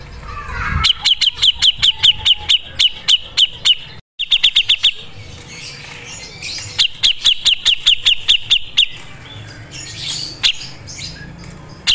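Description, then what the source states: Grey-cheeked Bulbul, bursts of sharp high chips delivered in fast repeated runs, pausing briefly between bouts, with a few scattered clicks. Masteran training audio.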